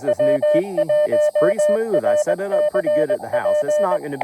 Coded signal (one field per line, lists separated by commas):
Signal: Morse code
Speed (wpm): 20 wpm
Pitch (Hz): 600 Hz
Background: speech, radio noise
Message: W1RCP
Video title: Tabletop Mast Mount and a new key - 20m late shift POTA